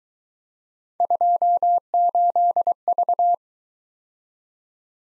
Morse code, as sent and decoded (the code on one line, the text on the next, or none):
..--- ---.. ...-
28V